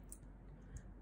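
A plastic Nano needle cartridge with 137 needles is pushed fully onto a Needle Serious B1 micropigmentation pen and clicks into place. A sharp, bright click at 0.1 s shows the cartridge seated, followed by a softer tick at 0.8 s over a low, steady background.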